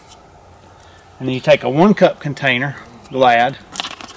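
A one-cup plastic food container is handled to be pressed into the bottom of a two-cup plastic container to form a drinking cup, while someone talks. Sharp plastic handling clicks come at about 3.8 and 4.0 seconds, but nothing has seated or snapped in yet when the clip ends.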